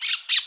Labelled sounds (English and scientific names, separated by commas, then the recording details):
Brown-throated Parakeet (Eupsittula pertinax) contact call
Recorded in Curacao
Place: Hoffi Jan Thiel
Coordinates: 12.094, -68.877